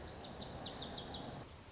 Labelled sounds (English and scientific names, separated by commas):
Lazuli Bunting (Passerina amoena)